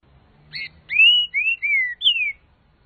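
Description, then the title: Green-winged saltator song opening with a short buzzy note, then four smooth whistles, level, falling and sliding, ending on a high downslurred note; otherwise quiet. Trinca-ferro song type 'voz 06', one of 14 song types compiled in a single video. "Canto De Trinca Ferro Voz 06"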